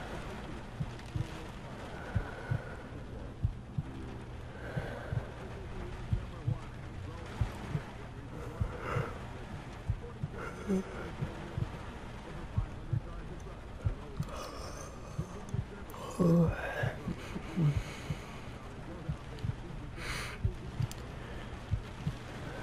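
Rain falls on a trailer at night while a television plays quietly, with faint voices coming and going through the clip. A steady low hum runs underneath, broken by frequent soft thuds and taps, with a brief cluster of louder knocks around sixteen to eighteen seconds.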